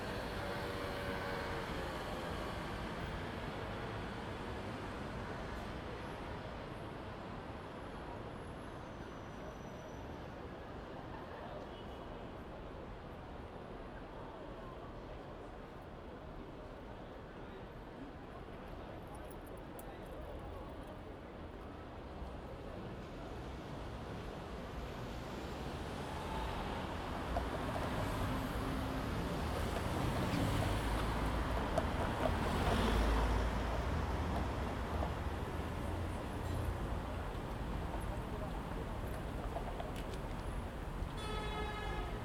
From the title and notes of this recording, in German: Strassenbahnen und Nachtleben in Berlin.